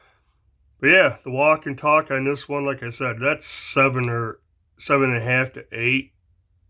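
Someone talks while handling a Rough Rider RR2458 Spades coke bottle jack slip joint pocket knife with black appaloosa bone scales, working the blade against its strong backspring detent. The blade has not yet snapped home; nothing has seated or clicked yet.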